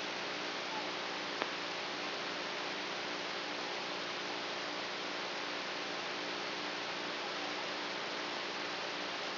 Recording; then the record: brain microelectrode recording played as sound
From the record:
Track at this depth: inside the subthalamic nucleus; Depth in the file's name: 2.604 mm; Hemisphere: right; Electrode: 3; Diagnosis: Parkinson's disease